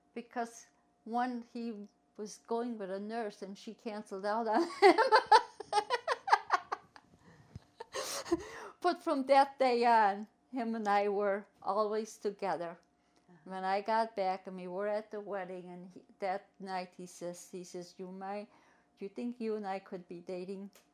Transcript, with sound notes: Because one, when he was going with a nurse and she cancelled out on him! (laughs) But from that day on, him and I were always together. When I got back, when we were at the wedding, and that night, he says, "You migh-- you think you and I could be dating?"